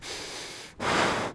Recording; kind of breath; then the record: one breath in and out by a microphone near the nose and mouth; strong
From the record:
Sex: male